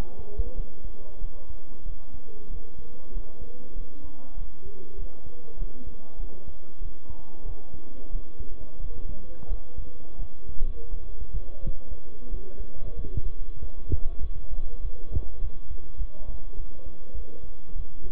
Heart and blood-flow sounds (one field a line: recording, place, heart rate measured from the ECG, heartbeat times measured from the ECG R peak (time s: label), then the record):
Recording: heart sounds by stethoscope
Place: between the tricuspid and mitral areas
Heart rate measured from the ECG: 94 bpm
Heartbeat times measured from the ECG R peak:
0.55 s: heartbeat
1.20 s: heartbeat
1.84 s: heartbeat
2.49 s: heartbeat
3.12 s: heartbeat
3.74 s: heartbeat
4.36 s: heartbeat
4.97 s: heartbeat
5.57 s: heartbeat
6.18 s: heartbeat
6.80 s: heartbeat
7.44 s: heartbeat
8.10 s: heartbeat
8.79 s: heartbeat
9.47 s: heartbeat
10.17 s: heartbeat
10.89 s: heartbeat
11.60 s: heartbeat
12.29 s: heartbeat
12.95 s: heartbeat
13.58 s: heartbeat
14.21 s: heartbeat
14.81 s: heartbeat
15.39 s: heartbeat
15.97 s: heartbeat
16.55 s: heartbeat
17.13 s: heartbeat
17.75 s: heartbeat
From the record:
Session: bicycle stress test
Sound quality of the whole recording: good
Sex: male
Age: 23 years